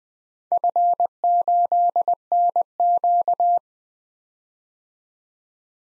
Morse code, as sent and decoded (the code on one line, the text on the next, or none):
..-. ---.. -. --.-
F8NQ